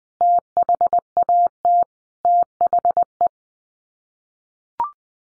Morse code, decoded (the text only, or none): THAT THE